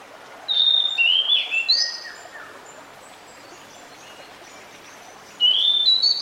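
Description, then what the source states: Pied Bushchat song: two short phrases of bright whistled notes, one near the start and another beginning at the end, with a faint hiss behind. Decu song used to fix a captive bird that has stopped singing; a territorial, fighting-type bird.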